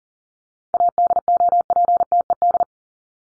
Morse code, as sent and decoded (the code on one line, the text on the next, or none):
.- -.. --- .--. - . -..
ADOPTED